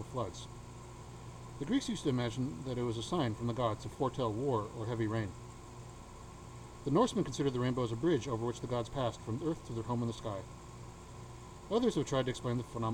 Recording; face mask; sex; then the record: reading aloud; surgical mask; male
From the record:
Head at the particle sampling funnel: tilted down, bridge of the nose in front of it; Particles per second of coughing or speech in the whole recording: 2.26